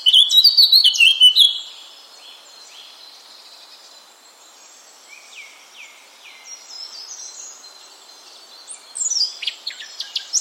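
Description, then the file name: Eurasian blackcap warbling song, a loud rich burst of varied notes at the start, then quieter scratchy phrases, and a brighter flourish near the end. "Sylvia atricapilla"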